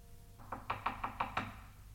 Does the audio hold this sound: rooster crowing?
no